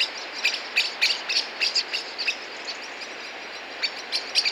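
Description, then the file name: Common blackbird giving hard chinking calls in short irregular bursts, a quieter gap midway, then more sharp notes. "Turdus merula"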